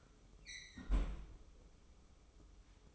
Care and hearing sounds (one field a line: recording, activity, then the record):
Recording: daily activity, microphone in the room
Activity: close fridge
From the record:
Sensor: 1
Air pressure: 995.3 hPa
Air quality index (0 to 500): 25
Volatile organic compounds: 0 ppm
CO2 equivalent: 504 ppm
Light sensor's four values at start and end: 18/60/22/24 and 18/59/22/23